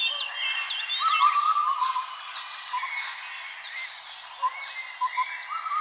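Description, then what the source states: Birds chirping in chorus, bright upslurred whistles and drawn-out trilled phrases, with a few sharp louder notes toward the end. Birds chirping in a forest.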